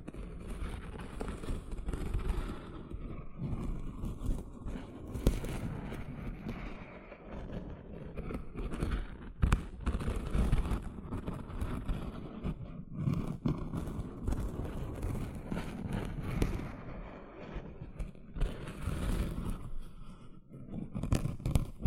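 Gentle scratching goes on throughout, a soft, busy texture of light rasping strokes that sits mostly low with some thin brighter edges. Small sharper scrapes stand out now and then, one near the ten-second mark, over a steady low rumble.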